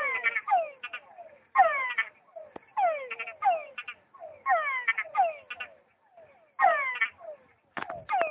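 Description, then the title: Frog giving repeated calls of falling, harmonic chirps and rapid pulsed notes, clustered in bouts separated by short silences, with a few sharp clicks near the end. "tabogaÂ´s frog"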